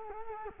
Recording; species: mosquito wingbeat signal from an infrared sensor; Culex quinquefasciatus